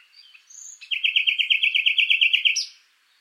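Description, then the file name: Common nightingale singing soft introductory notes, then a fast, even series of loud repeated chirping notes lasting about two seconds, closing with a high abrupt note. "Luscinia megarhynchos"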